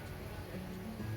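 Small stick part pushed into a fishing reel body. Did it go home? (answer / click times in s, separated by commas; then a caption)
no / none. During a service of a BANAX XTREME GT6000 fishing reel, a small stick part is lined up and pushed in from the inside of the reel body. Only a steady low background hum with faint tonal bands is heard, with no sharp hits. Nothing has seated or clicked yet.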